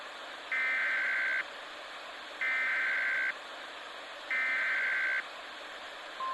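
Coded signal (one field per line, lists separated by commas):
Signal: Emergency Alert System (SAME) tones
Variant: header bursts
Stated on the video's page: Fictional scenario imagining a real missile alert, not an actual broadcast.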